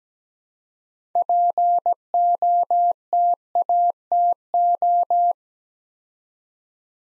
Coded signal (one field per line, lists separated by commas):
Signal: Morse code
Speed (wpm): 17 wpm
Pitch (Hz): 700 Hz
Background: none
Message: POTATO